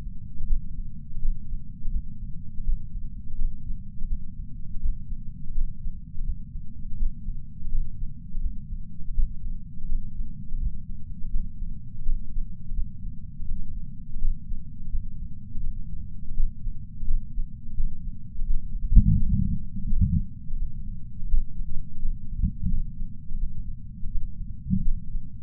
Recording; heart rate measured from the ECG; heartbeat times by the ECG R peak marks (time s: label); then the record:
heart sounds by patch sensor on the chest; 84 bpm
0.47 s: heartbeat
1.20 s: heartbeat
1.91 s: heartbeat
2.64 s: heartbeat
3.36 s: heartbeat
4.08 s: heartbeat
4.80 s: heartbeat
5.53 s: heartbeat
6.24 s: heartbeat
6.97 s: heartbeat
7.70 s: heartbeat
8.41 s: heartbeat
9.14 s: heartbeat
9.87 s: heartbeat
10.58 s: heartbeat
11.30 s: heartbeat
12.04 s: heartbeat
12.74 s: heartbeat
13.46 s: heartbeat
14.19 s: heartbeat
14.90 s: heartbeat
15.61 s: heartbeat
16.35 s: heartbeat
17.05 s: heartbeat
17.75 s: heartbeat
18.45 s: heartbeat
19.17 s: heartbeat
19.88 s: heartbeat
20.57 s: heartbeat
21.28 s: heartbeat
22.00 s: heartbeat
22.69 s: heartbeat
23.38 s: heartbeat
24.10 s: heartbeat
24.83 s: heartbeat
From the record:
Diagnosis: coronary artery disease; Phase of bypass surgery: postoperative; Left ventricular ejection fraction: 60.9%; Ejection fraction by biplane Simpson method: 59.5%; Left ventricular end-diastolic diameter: 49 mm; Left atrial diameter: 39 mm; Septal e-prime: 6.3 cm/s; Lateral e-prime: 6.7 cm/s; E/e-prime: 11.5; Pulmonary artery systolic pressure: 33 mmHg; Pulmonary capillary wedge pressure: 2 mmHg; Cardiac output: 6.3 L/min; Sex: male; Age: 71 years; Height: 162 cm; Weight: 75 kg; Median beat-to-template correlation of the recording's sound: 0.79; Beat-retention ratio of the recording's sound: 1.00